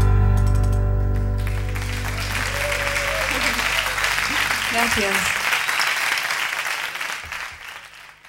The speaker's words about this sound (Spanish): Gracias, gracias por tanto aplauso.